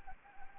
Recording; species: mosquito wingbeat signal from an infrared sensor; Anopheles gambiae